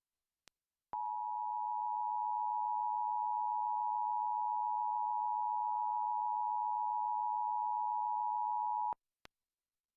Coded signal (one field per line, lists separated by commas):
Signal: Emergency Alert System (SAME) tones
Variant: 853 and 960 Hz attention tone